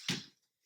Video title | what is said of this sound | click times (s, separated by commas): How to Build a 5x2 C&C Cage with a Stand, Ramp, a Loft and a Lid for your Guinea Pigs? | slide them in little clicks again | 0.1 s